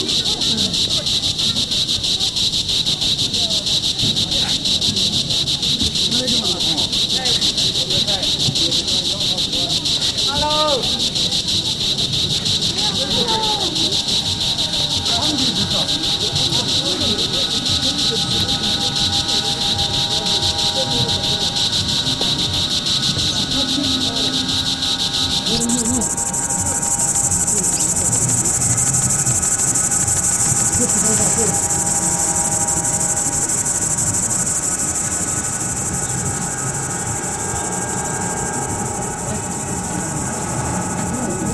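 Pilgrims walking around the Jokhang temple in Lhasa, with a steady murmur of many voices talking throughout. A dense, even cricket drone rings over the crowd, then shifts to a higher, thinner pitch at about 25 seconds. Faint sustained tones join the chatter later.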